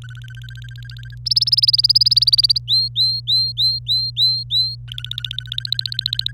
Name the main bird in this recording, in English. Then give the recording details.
Domestic Canary. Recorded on 25 April 2018 at 14:53. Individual llb3